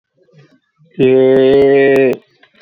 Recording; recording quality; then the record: sustained vowel as in made; excellent, no background noise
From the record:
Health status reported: exposed to COVID-19, no respiratory illness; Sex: male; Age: 32 years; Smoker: no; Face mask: not worn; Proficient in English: yes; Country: India